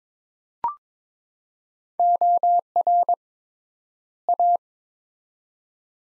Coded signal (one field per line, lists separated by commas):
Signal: Morse code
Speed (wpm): 22 wpm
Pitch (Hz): 700 Hz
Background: none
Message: OR A